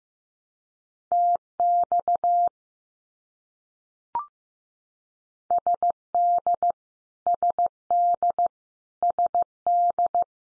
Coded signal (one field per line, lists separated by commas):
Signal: Morse code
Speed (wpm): 15 wpm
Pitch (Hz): 700 Hz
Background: none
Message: TX SD SD SD